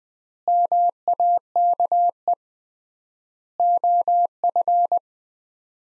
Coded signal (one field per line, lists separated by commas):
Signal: Morse code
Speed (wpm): 20 wpm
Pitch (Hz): 700 Hz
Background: none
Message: MAKE OF